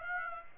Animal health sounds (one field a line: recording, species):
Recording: mosquito wingbeat signal from an infrared sensor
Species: Aedes aegypti